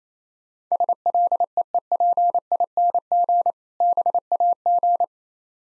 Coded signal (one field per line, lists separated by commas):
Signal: Morse code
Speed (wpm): 27 wpm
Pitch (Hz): 700 Hz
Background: none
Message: SLEEPING BAG